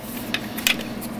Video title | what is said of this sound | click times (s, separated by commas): how to install a ide optical drive in the cooler master elite 360 | here it snaps in you | 0.7 s